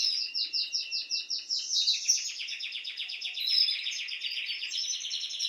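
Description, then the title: Canary singing a steady run of quick repeated notes, merging into a continuous warbling trill. Male Belgian canary named Raiden singing a lot; meant to warm up young birds. "Esquente Seu Filhote E Canario Belga Em 30 Minutos Macho Cantando Muito. Canrio Belga RAIDEN Cantando Muito - Esquente seu Canrio Belga"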